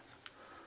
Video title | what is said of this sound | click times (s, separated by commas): Zebco Micro UL4 TS Service and Repair | spot with that little spot, and then you just click it on, and it just snaps on like that. | 0.3 s